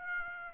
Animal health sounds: mosquito wingbeat signal from an infrared sensor; Aedes aegypti

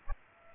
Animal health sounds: mosquito wingbeat signal from an infrared sensor; Aedes aegypti

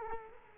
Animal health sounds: mosquito wingbeat signal from an infrared sensor; Culex quinquefasciatus

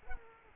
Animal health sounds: mosquito wingbeat signal from an infrared sensor; Culex quinquefasciatus

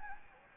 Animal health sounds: mosquito wingbeat signal from an infrared sensor; Anopheles gambiae

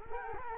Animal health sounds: mosquito wingbeat signal from an infrared sensor; Culex quinquefasciatus

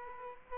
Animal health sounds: mosquito wingbeat signal from an infrared sensor; Culex quinquefasciatus

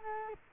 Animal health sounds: mosquito wingbeat signal from an infrared sensor; Culex quinquefasciatus

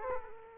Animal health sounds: mosquito wingbeat signal from an infrared sensor; Aedes aegypti

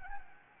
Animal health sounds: mosquito wingbeat signal from an infrared sensor; Anopheles gambiae

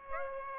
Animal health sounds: mosquito wingbeat signal from an infrared sensor; Aedes aegypti

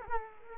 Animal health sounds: mosquito wingbeat signal from an infrared sensor; Culex quinquefasciatus

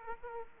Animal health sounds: mosquito wingbeat signal from an infrared sensor; Aedes aegypti

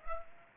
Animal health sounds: mosquito wingbeat signal from an infrared sensor; Culex pipiens

